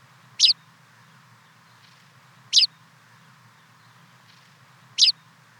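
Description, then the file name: Tawny pipit song: three sharp, high chirped notes, each separated by roughly two seconds of quiet, with low steady background hum. "Faltpiplarka"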